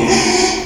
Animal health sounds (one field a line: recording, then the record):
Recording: squeal of a Yucatan mini pig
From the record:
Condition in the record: after surgery on the right vocal fold (resection and tissue-engineered implant)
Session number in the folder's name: 2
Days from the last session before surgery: 13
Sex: male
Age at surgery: 12 weeks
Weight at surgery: 13 kg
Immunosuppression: cyclosporine, prednisolone